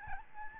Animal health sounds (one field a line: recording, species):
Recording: mosquito wingbeat signal from an infrared sensor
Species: Aedes albopictus